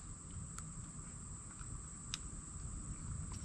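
A new crimped terminal on the black wire is pushed by hand into the plastic power plug of a Shurflo Piranha live well pump. Over a steady background hiss with high and mid-pitched tonal whines, a faint tick sounds at 0.6 s, then a sharp click at 2.1 s as the terminal seats in the plug.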